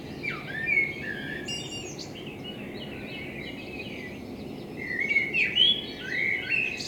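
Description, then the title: Common blackbird song, a warbled phrase at the start and a whistled phrase near the end, with a quieter stretch between and steady low background noise. Blackbird in front of the recordist's window; binaural sound made with a homemade dummy head, intended for headphone listening. "Kunstkopfaufnahme der Amsel vor meinem Fenster"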